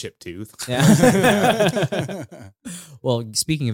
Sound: laughing